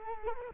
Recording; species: mosquito wingbeat signal from an infrared sensor; Culex quinquefasciatus